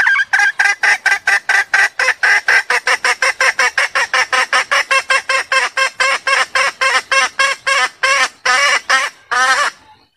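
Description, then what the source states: Junglefowl mating call, a sustained volley of rapid, hoarse clucks that spaces out slightly toward the end. Female junglefowl calling to solicit mating.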